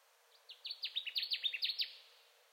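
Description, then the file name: Connecticut warbler song, a loud rolling series of many sharp downslurred notes lasting over a second, then stopping. Recorded 10 June 2021; the recording holds seven songs. "2021-06-10-Connecticut Warbler 7 songs"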